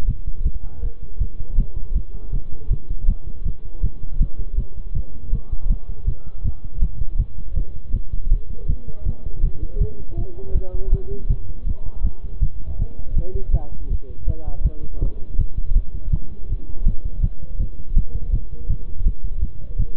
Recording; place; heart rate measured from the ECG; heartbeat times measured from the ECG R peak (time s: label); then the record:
heart sounds by stethoscope; between the tricuspid and mitral areas; 161 bpm
0.08 s: heartbeat
0.46 s: heartbeat
0.83 s: heartbeat
1.21 s: heartbeat
1.58 s: heartbeat
1.96 s: heartbeat
2.33 s: heartbeat
2.71 s: heartbeat
3.08 s: heartbeat
3.46 s: heartbeat
3.84 s: heartbeat
4.21 s: heartbeat
4.58 s: heartbeat
4.95 s: heartbeat
5.33 s: heartbeat
5.70 s: heartbeat
6.08 s: heartbeat
6.45 s: heartbeat
6.82 s: heartbeat
7.19 s: heartbeat
7.57 s: heartbeat
7.94 s: heartbeat
8.32 s: heartbeat
8.69 s: heartbeat
9.06 s: heartbeat
9.44 s: heartbeat
9.81 s: heartbeat
10.18 s: heartbeat
10.55 s: heartbeat
10.93 s: heartbeat
11.30 s: heartbeat
11.67 s: heartbeat
12.05 s: heartbeat
12.42 s: heartbeat
12.80 s: heartbeat
13.17 s: heartbeat
13.54 s: heartbeat
13.91 s: heartbeat
14.28 s: heartbeat
14.65 s: heartbeat
15.02 s: heartbeat
15.39 s: heartbeat
15.76 s: heartbeat
16.13 s: heartbeat
16.50 s: heartbeat
16.87 s: heartbeat
17.23 s: heartbeat
17.60 s: heartbeat
17.97 s: heartbeat
18.33 s: heartbeat
18.70 s: heartbeat
19.06 s: heartbeat
19.43 s: heartbeat
19.79 s: heartbeat
From the record:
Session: bicycle stress test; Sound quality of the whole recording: good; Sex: male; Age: 23 years